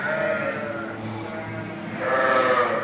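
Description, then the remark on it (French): Several dairy ewes bleat together in a flock on a farm with 700 ewes, a lot due to lamb in spring for summer milking; their wavering, nasal cries overlap at the start, dip briefly, then swell loudly again near the end. “On a 700 brebis. Ce lot-là, c'est un lot qui va faire l'agneau au printemps pour la traite de l'été.”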